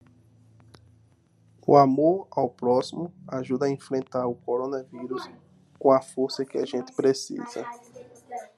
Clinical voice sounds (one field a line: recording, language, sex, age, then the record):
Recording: spoken sentence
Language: Brazilian Portuguese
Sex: male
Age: 30 to 39 years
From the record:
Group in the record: control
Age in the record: 37 years